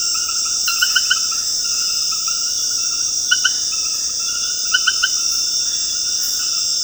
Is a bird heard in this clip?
no